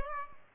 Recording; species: mosquito wingbeat signal from an infrared sensor; Aedes albopictus